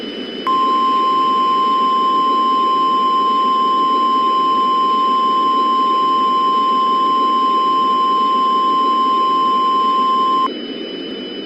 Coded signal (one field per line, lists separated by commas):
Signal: Emergency Alert System (SAME) tones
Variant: 1050 Hz attention tone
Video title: EAS Scenario #4: Palo Verde